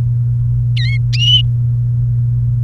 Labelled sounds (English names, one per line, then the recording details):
Domestic Canary song
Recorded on 29 April 2018 at 12:02
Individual llb3